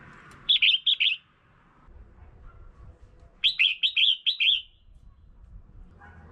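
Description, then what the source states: Red-whiskered bulbul calls: two quick bursts of bright, chattering notes, three then five, quiet gap between. Female bird.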